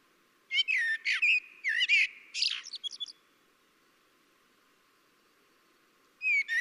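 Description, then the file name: Common blackbird singing a fluty, low warbled phrase that breaks into high twittering, then silence before another phrase starts at the end. "Turdus merula"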